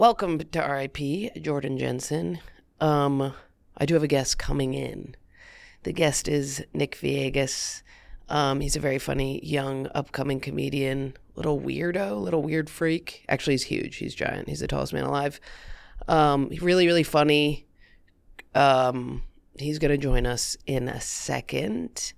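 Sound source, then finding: Speaker. Ordinary speech.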